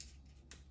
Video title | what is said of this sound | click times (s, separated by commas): Apple's New Macbook Pro with M1 Pro and Max Processors. | there we go and it just snaps in place magnetically and | 0.5 s